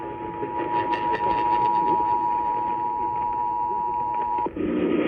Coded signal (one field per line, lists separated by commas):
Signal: Emergency Alert System (SAME) tones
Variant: 853 and 960 Hz attention tone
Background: speech